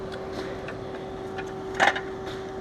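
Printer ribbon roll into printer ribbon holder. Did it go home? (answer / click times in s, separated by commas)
no / none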